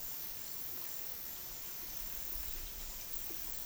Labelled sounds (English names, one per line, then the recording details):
none
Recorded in pastures near Puerto Asís, Putumayo, Colombia, on 19 February 2024 at 12:30
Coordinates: 0.468, -76.328
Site G6414